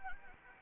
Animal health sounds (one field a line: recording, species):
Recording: mosquito wingbeat signal from an infrared sensor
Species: Anopheles arabiensis